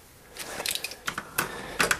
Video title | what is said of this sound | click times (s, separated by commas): Lee Pro 1000 turret out of time | until it goes oh there it goes clicked right in there that's all you got to do | 1.8 s